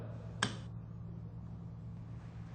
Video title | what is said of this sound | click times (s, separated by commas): MAF Sensor YouTube | listen for the click | 0.4 s